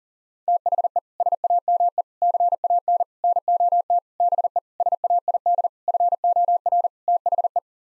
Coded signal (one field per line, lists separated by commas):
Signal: Morse code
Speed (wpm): 40 wpm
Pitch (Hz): 700 Hz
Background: none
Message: THE SAME CAN NOT BE SAID FOR THE